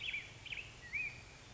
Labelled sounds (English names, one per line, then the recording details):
Black-headed Grosbeak
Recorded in Sonoma County, California